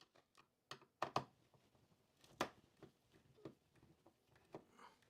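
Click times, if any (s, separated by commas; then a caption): 0.7 s, 1.0 s, 1.2 s. A screwdriver is turned in the worn head of a screw holding the case panel of a Lafayette tube checker, and it slips with sharp metallic clicks at 0.7, 1.0 and 1.2 s, followed by another sharp sound near 2.4 s and quieter scraping. The screw head is stripped and the screw does not come out.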